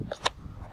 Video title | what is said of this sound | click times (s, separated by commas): How to use OKM's Ground Penetrating Radar Gepard GPR | Tab on each side, the batteries pull out, push the batteries in all the way. Do not half click it or it will not work. | 0.1 s, 0.3 s